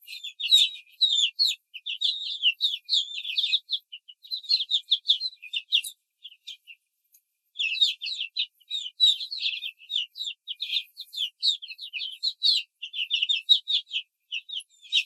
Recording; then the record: young laying hens in a cage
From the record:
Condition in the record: control cage, after the stress test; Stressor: none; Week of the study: 4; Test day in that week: 1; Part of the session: 3